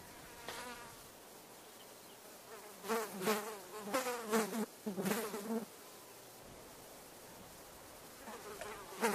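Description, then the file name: Fly buzzing in several irregular bursts of wobbling hum, loudest in the middle, then quiet with a faint return at the end. Flies buzzing. "suono Mosche che ronzano"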